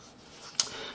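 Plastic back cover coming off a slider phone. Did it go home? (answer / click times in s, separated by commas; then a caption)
released / 0.6 s. The plastic back cover of an LG eXpo slider phone is popped off by hand to expose the connectors for a pico projector accessory. After a quiet lead-in, a single sharp tick is heard at 0.6 s as the cover releases.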